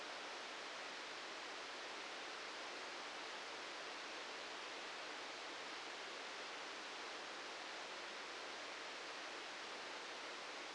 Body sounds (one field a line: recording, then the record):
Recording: brain microelectrode recording played as sound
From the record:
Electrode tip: outside the subthalamic nucleus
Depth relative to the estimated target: -4 mm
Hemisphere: left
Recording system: NeuroSet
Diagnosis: Parkinson's disease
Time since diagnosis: 15 years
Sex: male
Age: 65 years